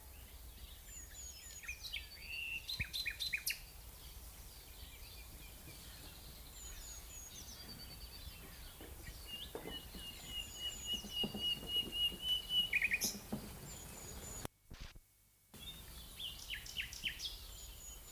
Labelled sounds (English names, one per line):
Common Nightingale song